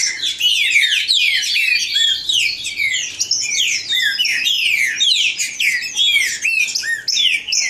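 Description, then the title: Green-winged saltator giving rapid whistled phrases of falling and rising slurs, closely spaced and overlapping. Bird named Nicão in the woods, singing in a contest with a free wild bird. "Trinca Ferro NICÃ O"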